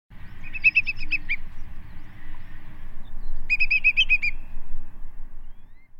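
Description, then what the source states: Whimbrel giving two quick rippling bursts of even whistled notes, each a little under a second long and separated by a pause, with steady low rumble beneath. Dated 15 June 2011.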